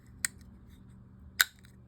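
The spring-loaded bail arm of a Mitchell 300A spinning fishing reel is hooked in with hemostats and swung back into position. A sharp click at about 0.3 s comes first, then a louder metallic click at 1.4 s as the bail locks into place. Both clicks stand over a low, steady background hum, and the bail is set.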